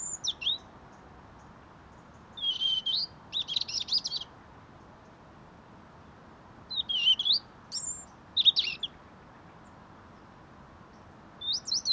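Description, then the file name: Robin giving bright, high, jumbled phrases in bursts, several quick notes clustered together, then silence for a few seconds before the next burst; a low hiss runs throughout. "Erithacus rubecula"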